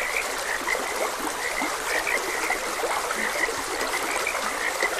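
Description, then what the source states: Frog chorus of quick repeated croaks, several callers overlapping, set against a steady background of trickling, rushing stream water. Several frogs croaking beside a gentle stream.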